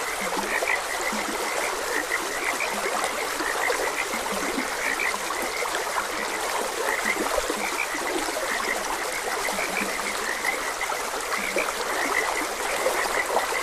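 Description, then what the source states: Croaking frogs keep up a busy, overlapping chorus of short notes while stream water flows steadily beneath. Frogs croaking beside a gentle stream.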